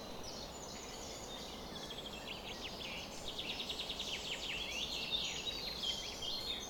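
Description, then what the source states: Birds singing at dawn, busy overlapping chirps and descending notes growing denser toward the end, with a steady low background noise. Summer morning dawn chorus at 4:40 am.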